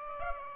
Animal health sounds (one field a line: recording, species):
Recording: mosquito wingbeat signal from an infrared sensor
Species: Aedes aegypti